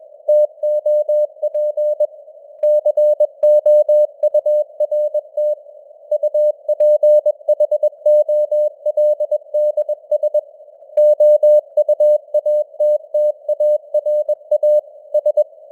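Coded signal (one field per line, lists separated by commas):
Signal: Morse code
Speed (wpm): 21 wpm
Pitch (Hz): 600 Hz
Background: none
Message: TOP COURT UPHOLDS OUATTARA S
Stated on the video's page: Morse code news headlines at 21 wpm with simulated radio noise and varying signal strength (QSB).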